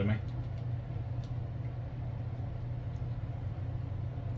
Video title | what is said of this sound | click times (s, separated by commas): Masters of the Universe Origins Snout Spout unboxing! | the other one clicked in better | none